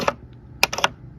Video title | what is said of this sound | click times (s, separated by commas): Upgraded Model 3 Arrives! - Tesla Time News 384 | push in you can actually hear it lock in there let's see if you can hear it | 0.6 s